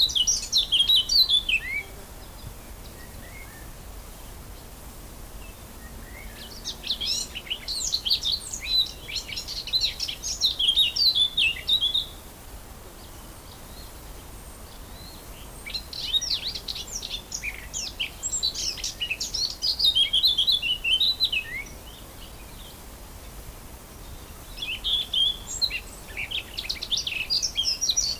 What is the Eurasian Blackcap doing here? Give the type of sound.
song